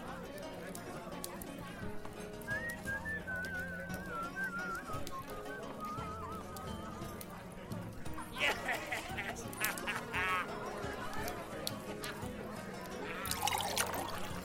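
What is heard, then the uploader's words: A medieval life scene with steady murmuring voices, horse hooves clip-clopping, a brief wavering whistle early on, and sharper busy bursts near eight and thirteen seconds. Medieval life ASMR Ambience.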